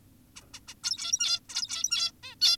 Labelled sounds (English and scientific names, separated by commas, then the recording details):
Zebra Finch (Taeniopygia guttata)
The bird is an adult
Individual g17y2U